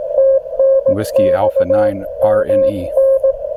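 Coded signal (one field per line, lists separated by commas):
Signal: Morse code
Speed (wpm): 16 wpm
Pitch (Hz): 540 Hz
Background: speech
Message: TNX MN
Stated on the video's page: CW from a Yaesu FT-891 during a group park activation, with some interference between five stations operating nearby in the park without band pass filters.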